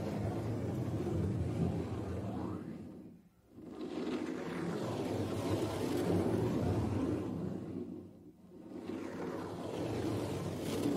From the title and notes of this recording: TimASMR-Scratching, Rubbing, and Brushing on a Drum (NO TALKING).